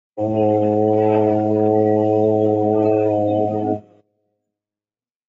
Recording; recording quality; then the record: sustained vowel as in boot; excellent, no background noise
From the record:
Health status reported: COVID-19 positive, mild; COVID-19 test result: positive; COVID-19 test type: RT-PCR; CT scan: taken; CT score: 10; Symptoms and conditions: cough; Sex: male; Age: 44 years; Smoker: no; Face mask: worn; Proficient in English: yes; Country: India